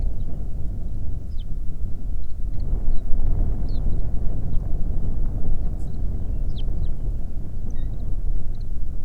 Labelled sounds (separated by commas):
songbird, wind